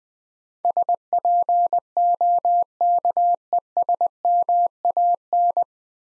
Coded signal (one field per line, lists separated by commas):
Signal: Morse code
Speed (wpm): 21 wpm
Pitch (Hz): 700 Hz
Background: none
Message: SPOKESMAN